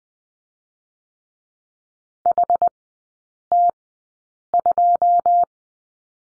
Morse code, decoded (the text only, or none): HT2